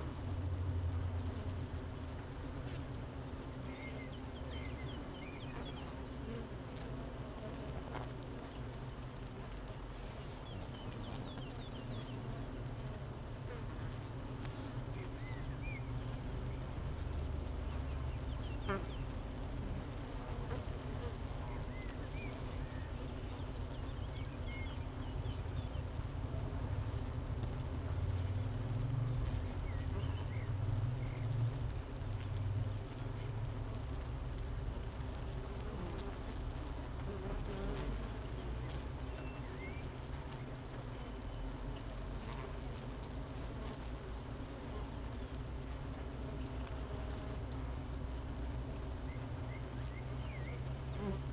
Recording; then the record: honeybee colony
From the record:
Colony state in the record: missing queen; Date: 31 May 2018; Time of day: 8:12